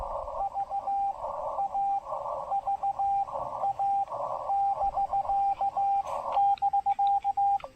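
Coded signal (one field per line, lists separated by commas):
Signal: Morse code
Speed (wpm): 16 wpm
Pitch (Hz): 800 Hz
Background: radio noise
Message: VA VA <BK> <BK>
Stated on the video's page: Morse from a Parks On The Air activation on the Blue Ridge Parkway using a Xiegu X5105 with an MFJ-1984LP EFHW antenna.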